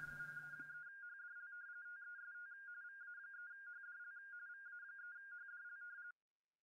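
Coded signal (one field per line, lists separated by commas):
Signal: RTTY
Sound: rapid warbling between two close tones, steady for about six seconds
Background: brief low hum at start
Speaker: you can see alc is not engaged at the digital gain level one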